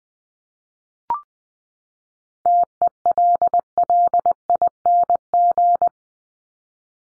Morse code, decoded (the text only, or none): TELLING